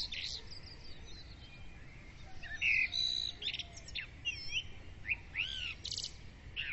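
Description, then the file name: Birds singing, a mix of sweeping up-and-down whistles, sharp chirps and fast trills, growing busier in the second half. Several birds singing at dawn; recorded with a Zoom recorder. "Madarak hajnali dicsérete"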